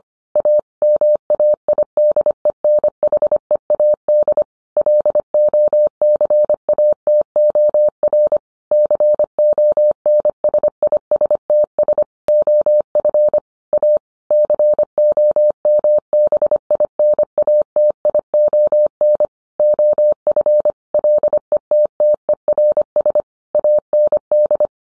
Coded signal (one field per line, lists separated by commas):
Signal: Morse code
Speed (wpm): 25 wpm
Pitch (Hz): 600 Hz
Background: none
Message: A MAIDENHEAD LOCATOR CONSISTS OF A COMBINATION OF LETTERS AND